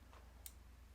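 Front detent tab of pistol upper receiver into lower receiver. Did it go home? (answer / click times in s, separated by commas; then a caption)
yes / 0.5 s. The front detent tab of a TP9 pistol's upper receiver is squeezed onto the lower receiver and snaps into place with one sharp, bright click at 0.5 s over a steady low hum. The tab is seated.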